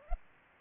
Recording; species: mosquito wingbeat signal from an infrared sensor; Anopheles arabiensis